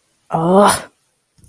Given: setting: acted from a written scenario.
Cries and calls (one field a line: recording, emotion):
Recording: vocal sound without words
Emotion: anger